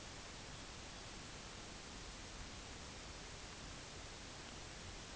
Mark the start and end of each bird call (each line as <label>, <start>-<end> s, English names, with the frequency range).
Lapland Longspur (2.9-4.2 kHz), 0.42-1.08 s